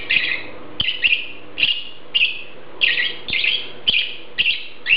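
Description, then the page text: Lovebird calls: shrill, harsh chirps repeated in quick bursts about twice a second, some doubled, over a low steady hum with sharp clicks. "Попугай неразлучник - Голос"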